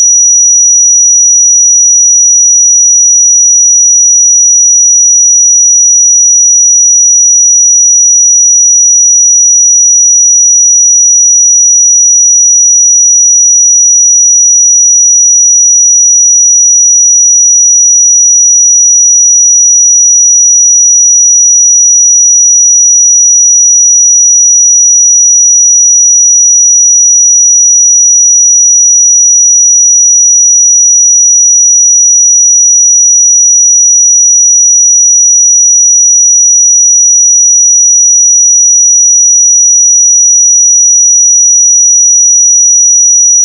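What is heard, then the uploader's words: A pure sine tone at 5830 Hz sounds steadily for the full length, a single thin, high, piercing whistle with no other sounds. Its pitch and loudness never waver from start to finish. 5830 Hz 1 Hz Interval Sine Pure Tone Frequency 441000 Sample Mono.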